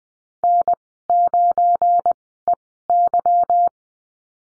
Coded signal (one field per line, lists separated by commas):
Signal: Morse code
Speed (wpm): 20 wpm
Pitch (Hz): 700 Hz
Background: none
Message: N9EY